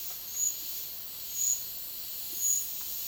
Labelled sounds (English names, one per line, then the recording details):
none
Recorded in dense forest near Puerto Asís, Putumayo, Colombia, on 18 February 2024 at 11:00
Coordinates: 0.502, -76.326
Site G6460